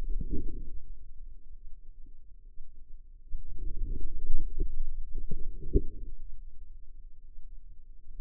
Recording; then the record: forearm muscle sounds (acoustic myography)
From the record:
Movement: outward rotation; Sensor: system 2, bracelet of six BSWA MPA416 microphones around the upper forearm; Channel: 2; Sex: female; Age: 25 years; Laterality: right